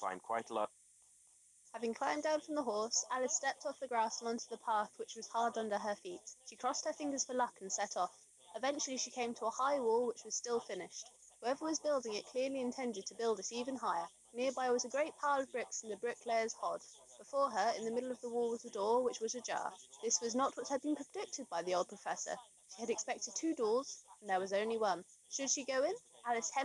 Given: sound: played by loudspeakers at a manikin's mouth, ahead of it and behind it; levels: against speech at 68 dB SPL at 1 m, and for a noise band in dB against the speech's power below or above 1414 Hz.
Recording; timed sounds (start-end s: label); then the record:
test signals for a remote microphone
0.00-0.65 s: man speaking, babble ahead at +6 dB SNR for speech at 1 m
1.65-26.65 s: woman speaking, babble ahead at +6 dB SNR for speech at 1 m
From the record:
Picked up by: remote microphone D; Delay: 24 ms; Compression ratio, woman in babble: 1.06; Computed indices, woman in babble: HASPI 0.873, HASQI 0.329 (non-linear 0.380, linear 0.865), ESTOI 0.825